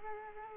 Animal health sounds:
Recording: mosquito wingbeat signal from an infrared sensor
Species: Culex quinquefasciatus

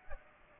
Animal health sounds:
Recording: mosquito wingbeat signal from an infrared sensor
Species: Aedes aegypti

